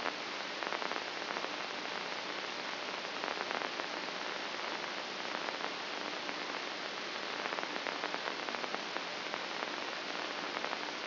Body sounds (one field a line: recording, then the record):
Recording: brain microelectrode recording played as sound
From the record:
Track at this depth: inside the subthalamic nucleus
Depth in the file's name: 3.033 mm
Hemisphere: left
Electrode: 2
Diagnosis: Parkinson's disease